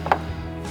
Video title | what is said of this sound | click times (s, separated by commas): How to change the Fuel Filter on a Kawasaki STX160 | make sure to line up your top here as well so that it does click into place | 0.1 s